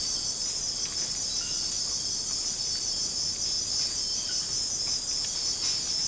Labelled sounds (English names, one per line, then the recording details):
none
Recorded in secondary vegetation near Puerto Asís, Putumayo, Colombia, on 13 March 2025 at 02:30
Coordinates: 0.485, -76.322
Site G040